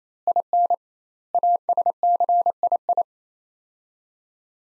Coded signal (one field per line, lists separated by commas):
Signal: Morse code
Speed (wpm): 28 wpm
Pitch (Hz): 700 Hz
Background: none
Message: IN ASCII